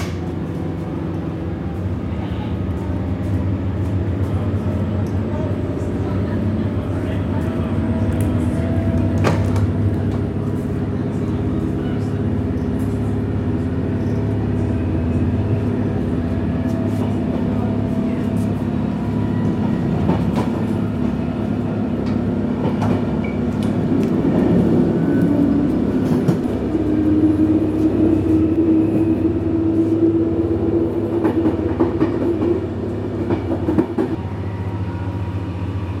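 A train rattles steadily along its tracks with a deep rumble, scattered clicks and knocks, and a rising whine around the twenty-five second mark.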